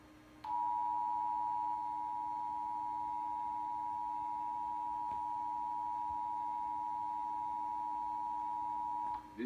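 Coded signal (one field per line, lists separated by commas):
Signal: Emergency Alert System (SAME) tones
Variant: 853 and 960 Hz attention tone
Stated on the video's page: Required Monthly Test recorded late at night by DVR from a local PBS television station.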